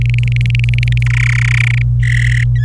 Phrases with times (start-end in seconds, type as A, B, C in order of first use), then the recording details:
0.02-1.03 A, 1.06-1.82 B, 2.03-2.44 C, 2.55-2.65 D. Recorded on 26 April 2018 at 10:51. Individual llb3